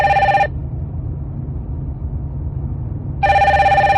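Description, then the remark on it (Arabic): A phone rings twice with bright, trilling electronic tones: one ring at the start, a long pause, then another near the end, all over a steady low rumble like a car engine, as a man drives his car alone on the motorway, reaching the Office Chérifien des Phosphates. “كان بن جردون يقود سيارته وحيدا على الطريق السيار، ولما بلغ مستوى المكتب الشريف للفوسفات رن هاتفه.”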